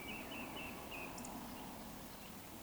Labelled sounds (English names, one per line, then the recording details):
Eurasian Woodcock
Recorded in Baden-Württemberg, Germany, on 16 June 2020 at 20:03 UTC
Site 14569, 102 m above sea level